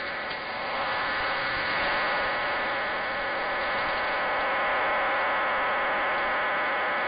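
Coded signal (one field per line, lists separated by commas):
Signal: numbers station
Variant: HM01 digital data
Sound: steady buzzing, hissing multi-tone data warble with no spoken words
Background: radio static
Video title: 27 12 2021 Cuban Spy Number HM01 in Spanish 0628 on 10345 Bejucal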